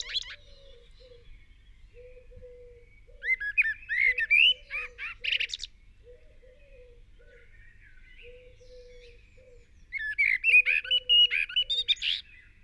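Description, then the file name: Eurasian blackbird singing two warbling phrases of mellow and squeaky notes, several seconds apart, with soft steady low tones repeating in the background. "Turdus merula"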